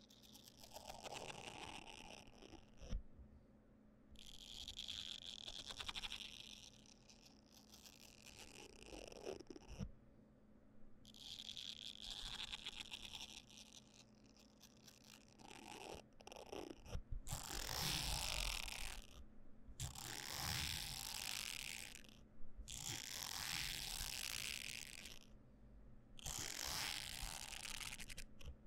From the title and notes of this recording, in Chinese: 梳子&按摩器具觸發。Massage Triggers。NO Talking。